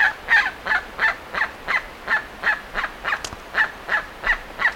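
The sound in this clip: Bird call series: harsh notes repeated at a steady pace, about three a second.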